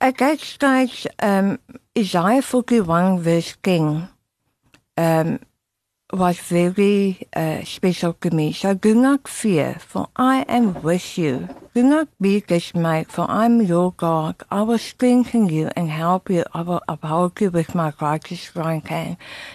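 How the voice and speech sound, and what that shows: An adult woman who survived tongue cancer and had her tongue removed and reconstructed recites a verse slowly in a steady voice with long pauses. Tongue-tip sounds are distorted, with 'd' and 't' coming out like 'g' or 'k' and word endings blurred. Most words remain understandable.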